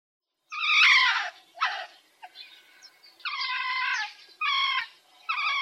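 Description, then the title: Pine marten calls: a series of high, wailing, cat-like cries with strong harmonics, some drawn out and others short, separated by brief gaps. "Baummarder"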